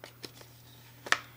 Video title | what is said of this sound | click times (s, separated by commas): Brigii M1 Portable Mini Car and Home Vacuum Unboxing and Review | there it is and it locks in place and then this same thing | 1.1 s